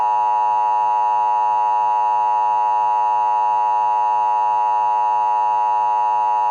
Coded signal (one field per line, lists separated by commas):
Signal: Emergency Alert System (SAME) tones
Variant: 853 and 960 Hz attention tone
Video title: Fake EAS ALARM